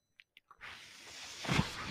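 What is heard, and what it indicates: Three faint clicks, then a steady rushing air hiss that swells near the end: the noise of a person's own home mechanical ventilator running.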